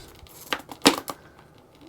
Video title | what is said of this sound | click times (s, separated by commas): NEW FMS Cessna 182 1.5m fantastic flying rc plane #Cessna182 | that was a click. | 0.9 s